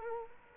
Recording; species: mosquito wingbeat signal from an infrared sensor; Culex quinquefasciatus